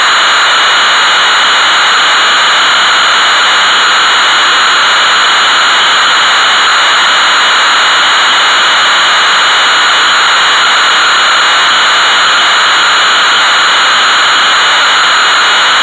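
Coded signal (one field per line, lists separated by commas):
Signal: computer data on cassette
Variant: Amstrad CPC 464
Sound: continuous harsh, buzzing data screech with a faint steady whine, unchanging throughout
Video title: Hard Hat Mack (1983) - Amstrad CPC 464 (Full Tape Rip / Cassette Load)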